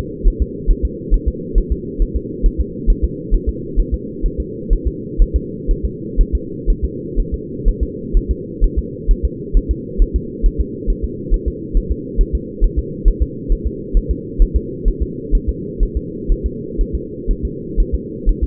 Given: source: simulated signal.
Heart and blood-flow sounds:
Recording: fetal heart sounds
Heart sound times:
0.28 s: S1
0.42 s: S2
0.71 s: S1
0.85 s: S2
1.14 s: S1
1.28 s: S2
1.58 s: S1
1.72 s: S2
2.02 s: S1
2.16 s: S2
2.46 s: S1
2.61 s: S2
2.90 s: S1
3.05 s: S2
3.34 s: S1
3.49 s: S2
3.80 s: S1
3.94 s: S2
4.26 s: S1
4.40 s: S2
4.73 s: S1
4.87 s: S2
5.22 s: S1
5.36 s: S2
5.71 s: S1
5.85 s: S2
6.21 s: S1
6.35 s: S2
6.70 s: S1
6.85 s: S2
7.20 s: S1
7.34 s: S2
7.69 s: S1
7.83 s: S2
8.17 s: S1
8.31 s: S2
8.64 s: S1
8.79 s: S2
9.11 s: S1
9.25 s: S2
9.57 s: S1
9.71 s: S2
10.02 s: S1
10.16 s: S2
10.46 s: S1
10.61 s: S2
10.90 s: S1
11.04 s: S2
11.34 s: S1
11.48 s: S2
11.77 s: S1
11.91 s: S2
12.21 s: S1
12.35 s: S2
12.64 s: S1
12.79 s: S2
13.08 s: S1
13.23 s: S2
13.52 s: S1
13.67 s: S2
13.97 s: S1
14.11 s: S2
14.42 s: S1
14.57 s: S2
14.88 s: S1
15.02 s: S2
15.35 s: S1
15.49 s: S2
15.83 s: S1
15.97 s: S2
16.32 s: S1
16.46 s: S2
16.81 s: S1
16.95 s: S2
17.31 s: S1
17.45 s: S2
17.80 s: S1
17.95 s: S2
18.29 s: S1
18.44 s: S2
From the record:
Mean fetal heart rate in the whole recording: 130 bpm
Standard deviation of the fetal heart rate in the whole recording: 4 bpm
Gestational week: 38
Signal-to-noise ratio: -4.1 dB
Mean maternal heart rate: no maternal heart sound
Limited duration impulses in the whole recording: absent

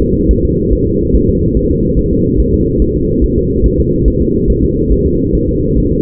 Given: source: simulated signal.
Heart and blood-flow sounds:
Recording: fetal heart sounds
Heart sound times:
0.02 s: S2
0.31 s: S1
0.45 s: S2
0.73 s: S1
0.87 s: S2
1.16 s: S1
1.29 s: S2
1.57 s: S1
1.71 s: S2
1.99 s: S1
2.13 s: S2
2.40 s: S1
2.54 s: S2
2.82 s: S1
2.96 s: S2
3.24 s: S1
3.38 s: S2
3.66 s: S1
3.80 s: S2
4.08 s: S1
4.22 s: S2
4.50 s: S1
4.64 s: S2
4.92 s: S1
5.06 s: S2
5.35 s: S1
5.49 s: S2
5.78 s: S1
5.92 s: S2
From the record:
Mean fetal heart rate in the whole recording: 140 bpm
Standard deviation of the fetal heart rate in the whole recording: 2 bpm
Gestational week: 34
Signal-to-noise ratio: -10.2 dB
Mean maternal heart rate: 72 bpm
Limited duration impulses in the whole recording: present

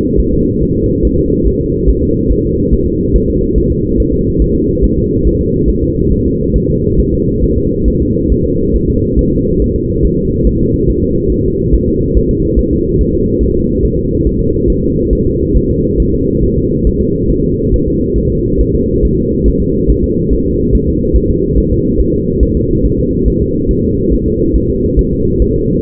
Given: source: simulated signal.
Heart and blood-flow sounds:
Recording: fetal heart sounds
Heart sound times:
0.20 s: S1
0.34 s: S2
0.62 s: S1
0.77 s: S2
1.05 s: S1
1.19 s: S2
1.47 s: S1
1.61 s: S2
1.89 s: S1
2.04 s: S2
2.32 s: S1
2.46 s: S2
2.73 s: S1
2.88 s: S2
3.16 s: S1
3.30 s: S2
3.58 s: S1
3.72 s: S2
4.00 s: S1
4.14 s: S2
4.42 s: S1
4.56 s: S2
4.84 s: S1
4.98 s: S2
5.27 s: S1
5.41 s: S2
5.70 s: S1
5.84 s: S2
6.12 s: S1
6.27 s: S2
6.56 s: S1
6.70 s: S2
7.00 s: S1
7.14 s: S2
7.44 s: S1
7.58 s: S2
7.88 s: S1
8.02 s: S2
8.32 s: S1
8.46 s: S2
8.76 s: S1
8.90 s: S2
9.19 s: S1
9.33 s: S2
9.62 s: S1
9.76 s: S2
10.05 s: S1
10.19 s: S2
10.47 s: S1
10.61 s: S2
10.90 s: S1
11.04 s: S2
11.32 s: S1
11.46 s: S2
11.75 s: S1
11.89 s: S2
12.17 s: S1
12.31 s: S2
12.59 s: S1
12.73 s: S2
13.01 s: S1
13.15 s: S2
13.43 s: S1
13.57 s: S2
13.85 s: S1
13.99 s: S2
14.27 s: S1
14.41 s: S2
14.70 s: S1
14.84 s: S2
15.13 s: S1
15.27 s: S2
15.57 s: S1
15.71 s: S2
16.00 s: S1
16.14 s: S2
16.43 s: S1
16.57 s: S2
16.87 s: S1
17.01 s: S2
17.31 s: S1
17.45 s: S2
17.74 s: S1
17.88 s: S2
18.18 s: S1
18.32 s: S2
18.61 s: S1
18.75 s: S2
19.05 s: S1
19.19 s: S2
19.48 s: S1
19.62 s: S2
19.90 s: S1
20.04 s: S2
20.33 s: S1
20.47 s: S2
20.75 s: S1
20.89 s: S2
21.17 s: S1
21.31 s: S2
21.58 s: S1
21.72 s: S2
22.00 s: S1
22.14 s: S2
22.43 s: S1
22.57 s: S2
22.85 s: S1
22.99 s: S2
23.28 s: S1
23.42 s: S2
23.71 s: S1
23.85 s: S2
24.14 s: S1
24.28 s: S2
24.56 s: S1
24.70 s: S2
24.99 s: S1
25.13 s: S2
25.42 s: S1
25.56 s: S2
From the record:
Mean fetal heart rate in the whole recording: 140 bpm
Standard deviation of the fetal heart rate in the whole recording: 2 bpm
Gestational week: 34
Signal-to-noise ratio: -14.7 dB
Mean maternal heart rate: 72 bpm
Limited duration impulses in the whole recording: present

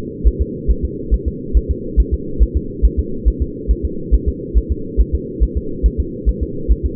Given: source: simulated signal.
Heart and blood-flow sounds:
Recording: fetal heart sounds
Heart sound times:
0.28 s: S1
0.42 s: S2
0.71 s: S1
0.85 s: S2
1.14 s: S1
1.28 s: S2
1.57 s: S1
1.71 s: S2
2.00 s: S1
2.14 s: S2
2.43 s: S1
2.57 s: S2
2.85 s: S1
3.00 s: S2
3.28 s: S1
3.42 s: S2
3.71 s: S1
3.85 s: S2
4.14 s: S1
4.29 s: S2
4.58 s: S1
4.72 s: S2
5.01 s: S1
5.15 s: S2
5.43 s: S1
5.58 s: S2
5.86 s: S1
6.00 s: S2
6.29 s: S1
6.43 s: S2
6.72 s: S1
6.86 s: S2
From the record:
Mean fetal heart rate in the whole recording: 140 bpm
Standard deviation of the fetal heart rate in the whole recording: 2 bpm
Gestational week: 34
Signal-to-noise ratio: -4.3 dB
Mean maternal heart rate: 72 bpm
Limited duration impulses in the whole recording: present

